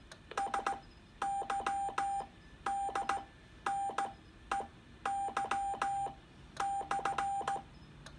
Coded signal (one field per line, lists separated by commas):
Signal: Morse code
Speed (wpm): 16 wpm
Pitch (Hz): 810 Hz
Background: none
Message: SYDNEY /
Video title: Giant portable HF Whip Antenna @TheArtofEngineering